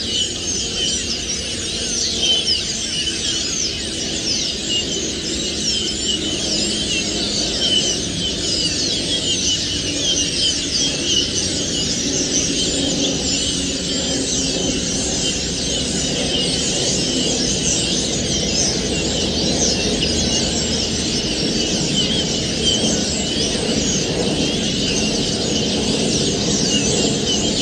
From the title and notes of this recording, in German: Stare in der Lehmgrube Marloffstein (am Morgen; Kopfhörerfassung). Die Stare sind am Morgen noch lauter als am Abend.